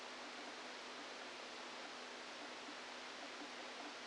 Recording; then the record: brain microelectrode recording played as sound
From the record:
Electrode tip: outside the subthalamic nucleus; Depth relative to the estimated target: -8 mm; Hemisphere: right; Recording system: NeuroSet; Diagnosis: Parkinson's disease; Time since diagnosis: 13 years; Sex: male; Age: 49 years